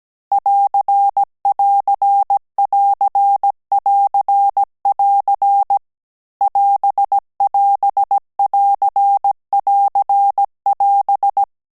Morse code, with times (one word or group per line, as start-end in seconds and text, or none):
0.3-5.8 <AR><AR><AR><AR><AR>
6.4-11.4 <AS><AS><AR><AR><AS>